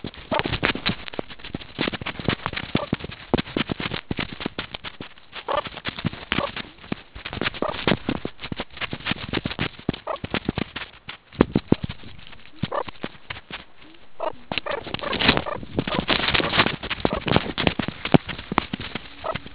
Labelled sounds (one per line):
meerkat close call